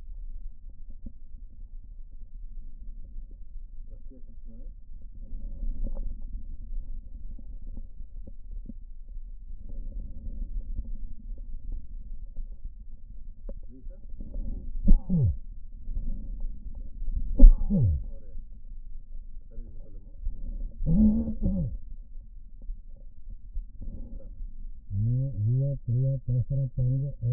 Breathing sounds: lung sounds by stethoscope; right posterior basal chest; quiet breathing, then cough and speech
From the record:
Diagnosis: pulmonary infection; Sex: male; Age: 54 years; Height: 187 cm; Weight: 95 kg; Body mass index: 27.2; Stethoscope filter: diaphragm mode

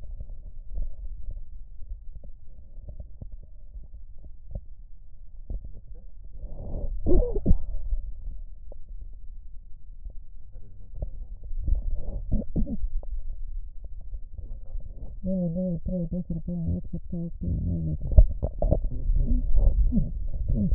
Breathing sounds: lung sounds by stethoscope; right posterior basal chest; quiet breathing, then cough and speech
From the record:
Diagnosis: interstitial lung disease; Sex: female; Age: 70 years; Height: 160 cm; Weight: 93 kg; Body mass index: 36.3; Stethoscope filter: extended mode

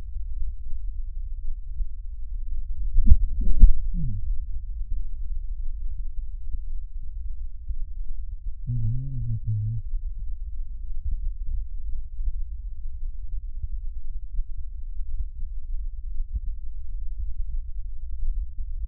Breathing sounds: lung sounds by stethoscope; right anterior apical chest; quiet breathing, then cough and speech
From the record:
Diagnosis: interstitial lung disease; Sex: male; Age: 74 years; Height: 160 cm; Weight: 54 kg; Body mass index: 21.1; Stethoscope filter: bell mode

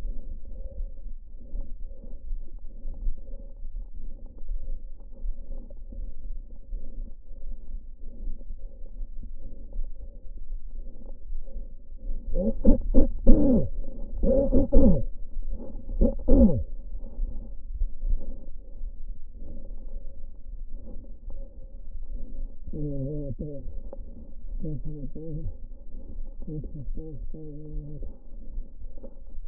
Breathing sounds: lung sounds by stethoscope; left posterior apical chest; quiet breathing, then cough and speech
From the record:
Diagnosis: interstitial lung disease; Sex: male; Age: 72 years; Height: 167 cm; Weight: 74 kg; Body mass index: 26.5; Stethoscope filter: diaphragm mode

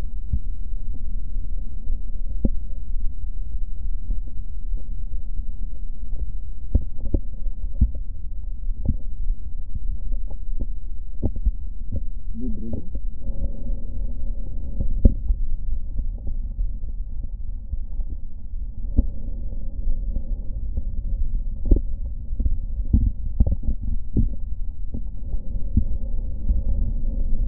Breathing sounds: lung sounds by stethoscope; right posterior basal chest; quiet breathing, then deep breathing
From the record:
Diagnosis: none (healthy); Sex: male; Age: 23 years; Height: 185 cm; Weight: 93 kg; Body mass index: 27.2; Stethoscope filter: diaphragm mode

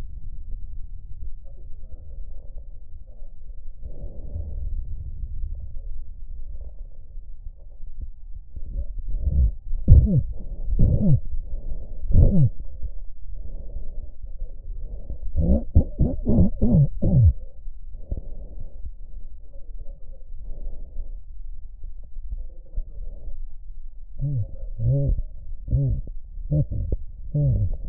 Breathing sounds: lung sounds by stethoscope; left anterior apical chest; quiet breathing, then cough and speech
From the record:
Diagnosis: COPD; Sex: male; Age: 70 years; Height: 170 cm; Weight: 74 kg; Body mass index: 25.6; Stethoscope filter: extended mode

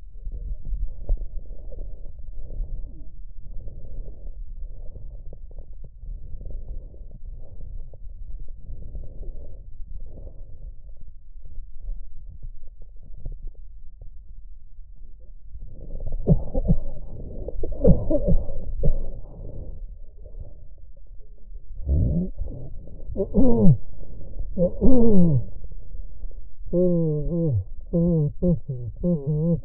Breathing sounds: lung sounds by stethoscope; left posterior basal chest; quiet breathing, then cough and speech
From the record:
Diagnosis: COPD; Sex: male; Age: 75 years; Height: 182 cm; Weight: 98 kg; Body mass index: 29.6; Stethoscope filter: extended mode

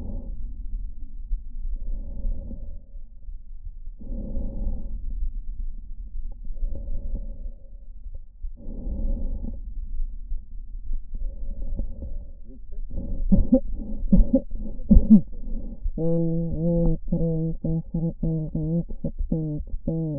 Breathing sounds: lung sounds by stethoscope; right anterior apical chest; quiet breathing, then cough and speech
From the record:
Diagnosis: interstitial lung disease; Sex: female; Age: 72 years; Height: 158 cm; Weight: 69 kg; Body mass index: 27.6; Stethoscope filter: diaphragm mode

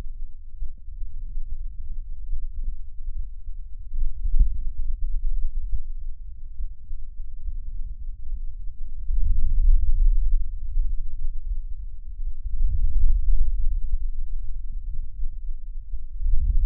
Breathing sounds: lung sounds by stethoscope; left anterior apical chest; quiet breathing, then deep breathing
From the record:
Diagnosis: COPD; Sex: male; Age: 70 years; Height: 163 cm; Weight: 64.6 kg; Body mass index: 24.3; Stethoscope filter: bell mode

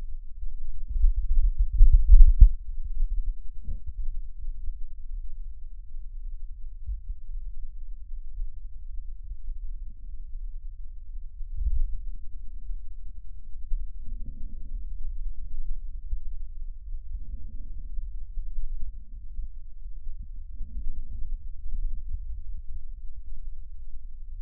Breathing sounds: lung sounds by stethoscope; left posterior basal chest; quiet breathing, then deep breathing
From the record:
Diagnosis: COPD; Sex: female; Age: 68 years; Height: 150 cm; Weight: 70 kg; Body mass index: 31.1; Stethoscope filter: bell mode

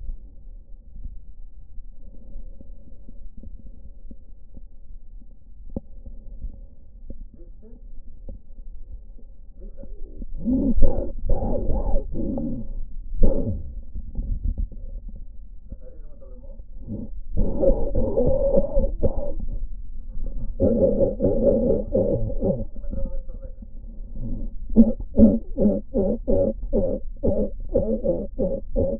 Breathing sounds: lung sounds by stethoscope; left anterior apical chest; quiet breathing, then cough and speech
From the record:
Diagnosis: pulmonary infection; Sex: male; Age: 74 years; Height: 171 cm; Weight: 80 kg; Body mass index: 27.4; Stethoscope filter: diaphragm mode

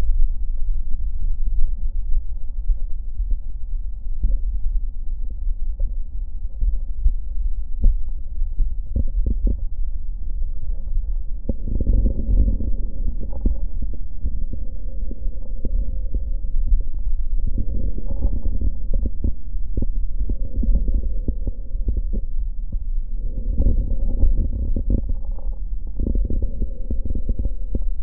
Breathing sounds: lung sounds by stethoscope; left posterior apical chest; quiet breathing, then deep breathing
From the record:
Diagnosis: none (healthy); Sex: male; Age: 35 years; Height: 186 cm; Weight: 108 kg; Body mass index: 31.2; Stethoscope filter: diaphragm mode

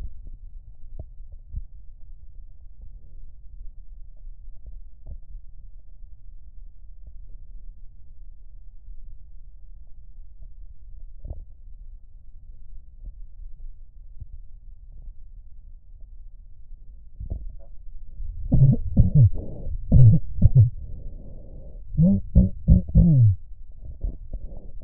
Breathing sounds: lung sounds by stethoscope; right posterior basal chest; quiet breathing, then cough and speech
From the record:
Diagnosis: none (healthy); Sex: male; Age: 30 years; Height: 190 cm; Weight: 88 kg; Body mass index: 24.4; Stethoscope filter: extended mode

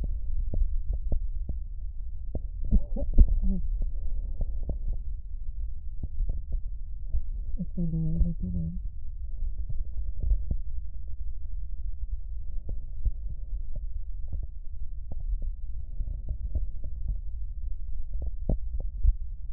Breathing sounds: lung sounds by stethoscope; left posterior basal chest; quiet breathing, then cough and speech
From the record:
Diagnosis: asthma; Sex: female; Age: 72 years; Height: 160 cm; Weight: 63.4 kg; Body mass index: 24.8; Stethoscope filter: extended mode

